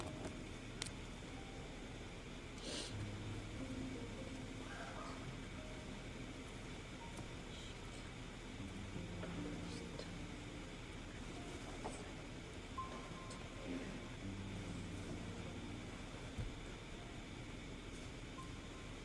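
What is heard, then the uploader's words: Steady low murmur fills the Yale library, a dense bed of indistinct voices and rumble that barely changes in level. Scattered clicks and brief taps pop out every few seconds, with a few short tonal beeps near the middle and later. Study with me at hogwarts (aka the yale library!).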